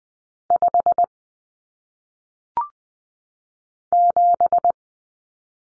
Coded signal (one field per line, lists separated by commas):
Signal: Morse code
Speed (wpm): 20 wpm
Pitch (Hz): 700 Hz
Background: none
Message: 5 7